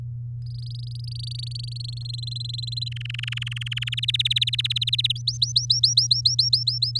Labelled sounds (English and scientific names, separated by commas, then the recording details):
Domestic Canary (Serinus canaria) song
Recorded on 7 May 2018 at 16:53
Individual llb16